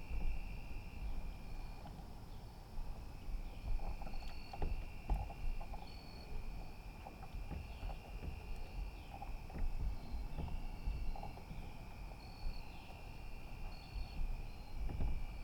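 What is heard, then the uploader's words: Water laps gently against a small dock at night, with soft irregular knocks and splashes across a low, steady rumble. Above it, a continuous high insect drone holds throughout, with short repeating chirps that recur every second or two. Water Touching Gently A Small Dock at Night.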